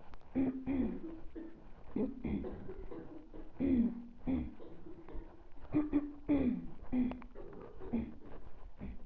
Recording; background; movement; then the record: throat clearing; a bystander coughing; walking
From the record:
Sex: female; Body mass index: 22.6 kg/m2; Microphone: on the chest, facing the body